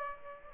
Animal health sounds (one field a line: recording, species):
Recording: mosquito wingbeat signal from an infrared sensor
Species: Aedes aegypti